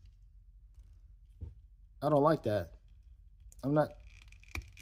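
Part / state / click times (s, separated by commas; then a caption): plastic action figure part onto its joint peg / seated / 4.5 s. A loose plastic part of a JOYTOY Goro Daimon action figure is pushed back onto its joint peg while someone talks. A sharp, short snap at 4.6 s marks the part seating in place, with a few faint clicks just before it.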